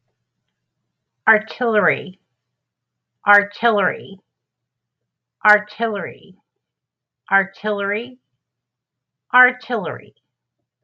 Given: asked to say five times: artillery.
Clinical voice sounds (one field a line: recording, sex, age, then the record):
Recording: repeated word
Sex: female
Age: 50 to 59 years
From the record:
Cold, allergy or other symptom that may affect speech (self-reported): no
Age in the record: 58 years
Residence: Texas, United States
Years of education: 13